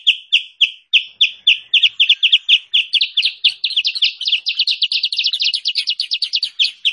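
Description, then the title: Sooty-headed bulbul chirping song: rapid bright high chirps, about four a second, starting spaced and becoming denser and more jumbled toward the end. Master lure song used to attract and trap birds or train cage birds; local name kutilang sutra. "Masteran Kutilang Sutra. suara pikat burung kutilang sutra"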